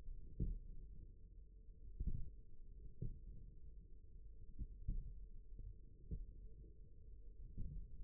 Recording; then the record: forearm muscle sounds (acoustic myography)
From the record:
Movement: forearm supination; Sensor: system 1, eight BSWA MPA416 microphones around the upper forearm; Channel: 2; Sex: male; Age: 54 years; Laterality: right